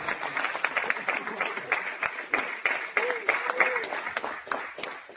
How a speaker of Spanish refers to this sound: Yo voy a aplaudir con usted también.